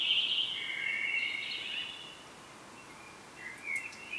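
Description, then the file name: Common blackbird giving a loud warbled phrase at the start that trails off, followed by a short upslurred note near the end. "Turdus merula"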